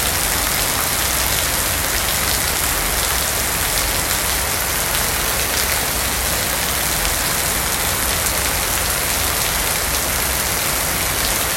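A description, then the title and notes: Heavy rain from a thunderstorm pours down without letup, a dense, even hiss of countless drops hitting a surface. The sound stays constant throughout, bright and full, with a faint low rumble underneath and no distinct breaks or separate events. God’s first symphony: a thunderstorm.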